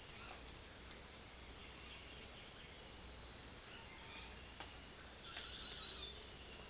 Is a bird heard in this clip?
yes